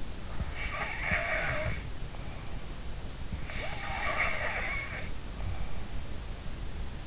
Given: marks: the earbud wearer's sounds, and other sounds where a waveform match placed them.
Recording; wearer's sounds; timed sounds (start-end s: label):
sounds in sleep by an in-ear microphone; snoring breath
0.25-2.80 s: snoring breath
3.31-5.99 s: snoring breath